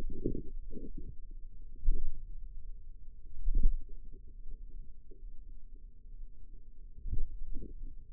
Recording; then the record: forearm muscle sounds (acoustic myography)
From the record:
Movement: pen grasping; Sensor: system 2, bracelet of six BSWA MPA416 microphones around the upper forearm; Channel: 3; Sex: female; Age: 22 years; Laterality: right